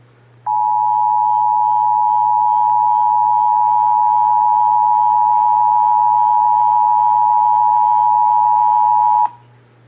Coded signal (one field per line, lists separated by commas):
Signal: Emergency Alert System (SAME) tones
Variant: 853 and 960 Hz attention tone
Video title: (EAS #444-452) May 2023 Texas Required Monthly Test